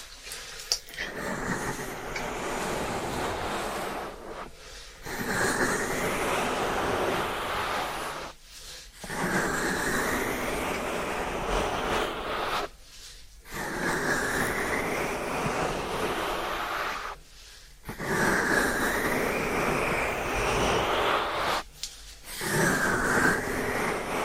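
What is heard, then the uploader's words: Ear cleaning makes a dense, rushing scrape in bursts of several seconds, each rising slightly in pitch, separated by short silences about every four seconds. ASMR 자극주의 따끔따끔 3dio 귀청소 | ear cleaning.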